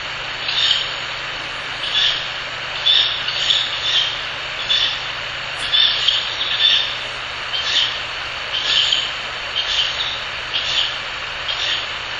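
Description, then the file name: Ural owl chick making hissing calls, breathy rasps repeated about once a second over a steady background hiss. Owl chick (owlet). "フクロウ雛 遠藤"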